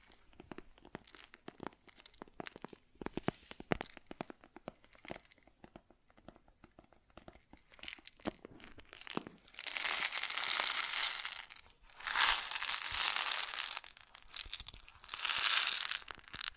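Grain sounds: for the first eight seconds, sparse dry ticks and small crunches patter irregularly, like scattered kernels. After that come dense, bright hissing pours in bursts around 10, 12–14 and 15–16 seconds, with grainy crinkling between them.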